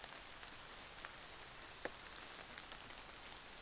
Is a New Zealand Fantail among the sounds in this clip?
no